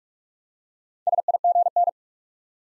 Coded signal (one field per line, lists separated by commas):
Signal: Morse code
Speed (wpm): 44 wpm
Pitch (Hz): 700 Hz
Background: none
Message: SIGN